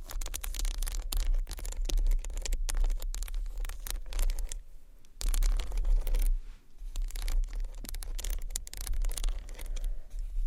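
Small bottles rub and knock against a textured bag, making a dense run of crinkly scrapes and rustles. The handling is busy and uneven, with short sharp bursts, a low rumble underneath, and brief quieter gaps near five and seven seconds.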